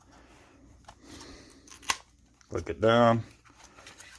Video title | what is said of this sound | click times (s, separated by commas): Playing King Kong 2 . A Konami Famicom Japanese Exclusive | slide it on there click | 1.9 s